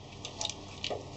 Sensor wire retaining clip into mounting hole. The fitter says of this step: new sensor and it just pops right in the hole there